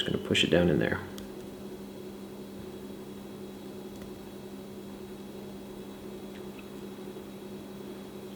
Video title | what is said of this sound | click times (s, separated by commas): Galaxy Buds Muffled Sound - Remove & Clean Metal Grill & Mesh filter (Simple, but may void warranty) | now it did not click in so i'm i imagine that that o-ring | none